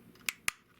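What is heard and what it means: After its deformed soft plastic was bent to fix it, a plastic limb or peg on a Toyworld Dinobot combiner transforming robot toy is pushed into its socket. Two sharp clicks sound at 0.3 s and 0.5 s over faint background noise. The part seats and locks into place.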